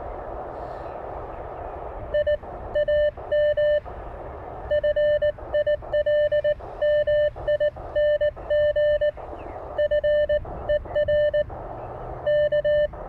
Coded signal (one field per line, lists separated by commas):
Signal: Morse code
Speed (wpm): 19 wpm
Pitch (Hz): 600 Hz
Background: radio noise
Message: I AM FILMING FER K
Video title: K1 HAM Radio Beach Day.